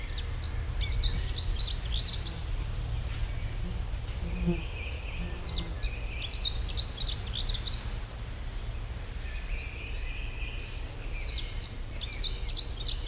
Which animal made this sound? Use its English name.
Dunnock